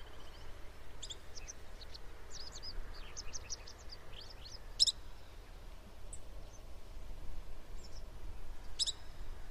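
Bird giving a run of quick thin chirps, then a few sharp, loud high notes spaced a few seconds apart, with low rumble throughout.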